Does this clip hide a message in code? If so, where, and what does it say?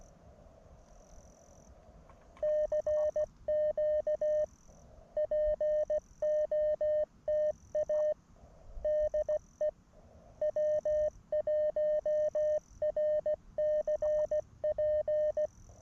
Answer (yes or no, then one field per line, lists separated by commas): yes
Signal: Morse code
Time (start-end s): 2.4-15.5 s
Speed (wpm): 16 wpm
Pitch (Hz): 590 Hz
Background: none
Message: CQ POTA DE W1RCP